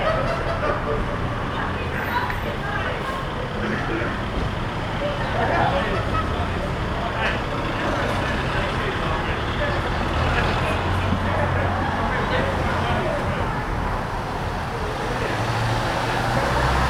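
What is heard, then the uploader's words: Traffic passes along a street while a crowd of people chatter outside a bar across the way. The mix of voices and engine rumble stays dense and steady throughout, with a low constant drone underneath and brief brighter clatters scattered here and there. Street bar, part 3. Captured on a Friday evening on the street outside a small bar. Traffic is passing by as people are gathering in a bar opposite.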